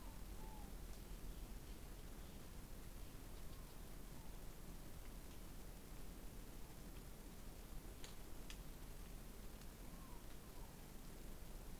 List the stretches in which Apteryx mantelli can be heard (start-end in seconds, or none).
none